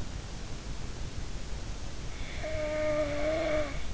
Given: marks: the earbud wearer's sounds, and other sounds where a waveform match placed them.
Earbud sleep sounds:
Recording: sounds in sleep by an in-ear microphone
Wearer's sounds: snoring breath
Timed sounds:
2.39-3.75 s: snoring breath

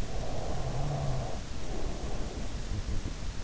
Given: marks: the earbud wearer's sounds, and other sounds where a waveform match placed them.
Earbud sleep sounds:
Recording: sounds in sleep by an in-ear microphone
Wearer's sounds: snoring breath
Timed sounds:
0.01-3.02 s: snoring breath

